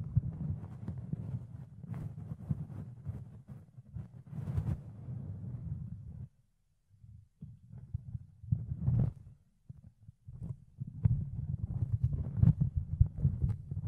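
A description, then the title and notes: Fluffy ear cleaning: dense, soft rubbing and scratching with a low, muffled rumble underneath. Quick crackling ticks and brushing strokes come in bursts, with a brief near-silent pause around six to seven seconds before the fuzzy scraping resumes. ASMR Fluffy Ear Cleaning, Ear Picking (No Talking).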